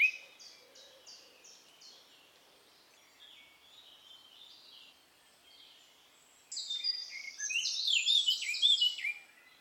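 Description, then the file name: Eurasian blackcap song: a soft series of evenly repeated high notes, then, after a pause, a loud burst of rich warbling over a steady background hiss. "Sylvia atricapilla"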